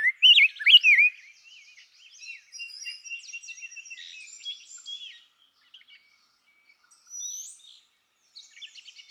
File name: Rose-breasted Grosbeak